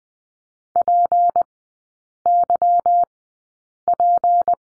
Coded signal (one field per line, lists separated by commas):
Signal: Morse code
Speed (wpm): 19 wpm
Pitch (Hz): 700 Hz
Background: none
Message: PYP